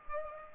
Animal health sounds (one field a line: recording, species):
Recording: mosquito wingbeat signal from an infrared sensor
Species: Culex pipiens